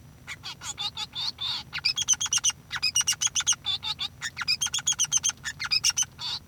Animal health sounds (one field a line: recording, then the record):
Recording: song of a male Bengalese finch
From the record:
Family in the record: son of father 3